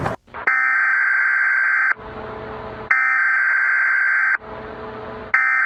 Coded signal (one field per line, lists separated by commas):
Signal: Emergency Alert System (SAME) tones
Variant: header bursts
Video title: Remains: A Zombie Virus EAS Scenario